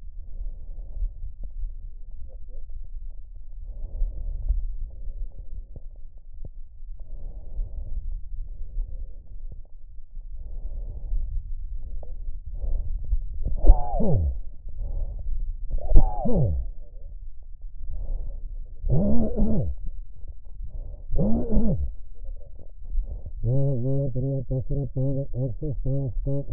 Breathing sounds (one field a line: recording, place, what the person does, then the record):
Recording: lung sounds by stethoscope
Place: right anterior apical chest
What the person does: quiet breathing, then cough and speech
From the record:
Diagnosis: pulmonary infection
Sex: male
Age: 54 years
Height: 187 cm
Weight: 95 kg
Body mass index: 27.2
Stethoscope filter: extended mode